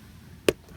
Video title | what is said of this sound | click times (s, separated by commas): BIKE ROOF RACK (How to Install) | going to press them in just to lock them into place | 0.5 s